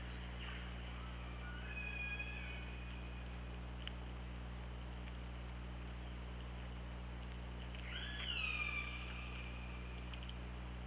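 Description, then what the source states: Killer whale calls, two harmonic calls several seconds apart over a steady low underwater hum. OrcaLab hydrophone, 24 August 2017 at 21:20.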